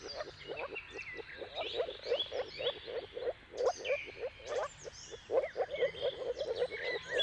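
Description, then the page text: Moor frogs calling in a dense chorus of short, soft, bubbling low pulses repeated rapidly, with birds singing thin, higher phrases above. Mating calls of moor frogs in a chorus at sunrise, around the turn of March and April, depending on the weather. "Jakub-Orzecki moor frogs. Dawn’s Chorus: Mating Calls of Marsh Frogs at Sunrise - wp.earth.fm. Depending on the weather at the turn of March and April, you can witness an amazing spectacle of moor frogs"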